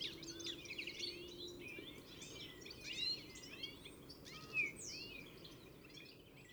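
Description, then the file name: European goldfinch calls: scattered liquid twitters and quick upslurred chirps, busier in the first seconds, with a clear sharp note later on, over soft background noise. "Carduelis carduelis"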